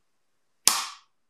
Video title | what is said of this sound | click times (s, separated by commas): Cleaning Roborock Dock Docking Station for Vacuum and Mop Take Apart Reassemble Step-by-Step How-To | push until it clicks just like that | 0.7 s